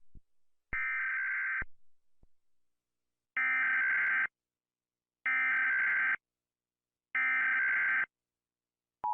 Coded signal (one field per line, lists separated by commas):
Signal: Emergency Alert System (SAME) tones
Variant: header bursts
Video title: WORLD WAR 3 EAS SCENARIO